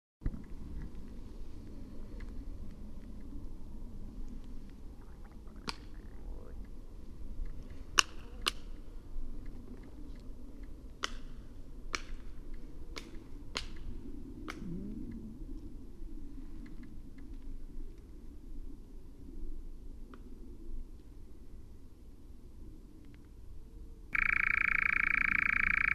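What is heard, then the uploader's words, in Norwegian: A night heron claps, giving sharp, dry snaps at irregular intervals from about 6 to 15 seconds, some in quick pairs. A steady low rumble like distant traffic runs throughout. Near the end a loud, steady tone abruptly takes over. Nattravn som klapper.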